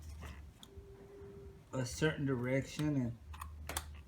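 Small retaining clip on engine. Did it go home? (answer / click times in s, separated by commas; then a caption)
yes / 3.7 s, 3.8 s. On a 2008 BMW 535i getting its cracked valve cover replaced, a small retaining clip near the fuel injectors is snapped into place while someone talks. Two sharp clicks land at 3.7 s and 3.8 s, and the clip is seated.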